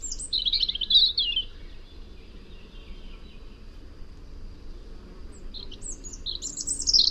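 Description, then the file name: European robin song: a short high warbling phrase at the start, quiet pause, then another thin twittering phrase near the end, over soft background noise. "Erithacus rubecula"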